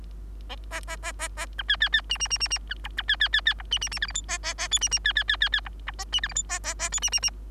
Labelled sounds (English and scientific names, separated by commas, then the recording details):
Bengalese Finch (Lonchura striata domestica) song
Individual Bird3